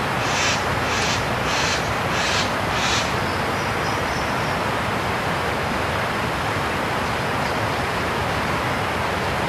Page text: Amblyornis macgregoriae